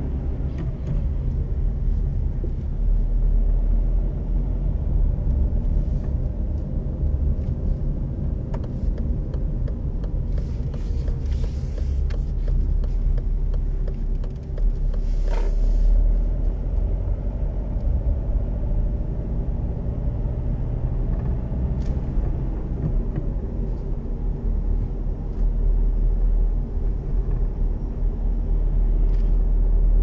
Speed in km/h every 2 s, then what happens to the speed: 20, 20, 25, 24, 24, 20, 17, 18, 25, 29, 32, 33, 32, 32, 33.
0-6 steady at about 20. 6-13 slows to 17. 13-20 speeds up to 32. 20-30 steady at about 32.